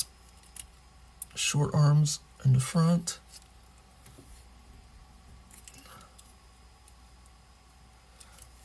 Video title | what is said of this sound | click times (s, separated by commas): Blokees Jurassic World Terraventure 01 Live Unboxing & Building | It's not clicking in. | none